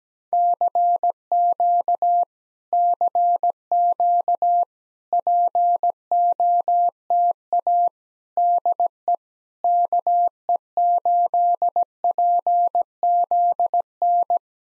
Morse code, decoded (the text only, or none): CQ CQ POTA DE KE8PZN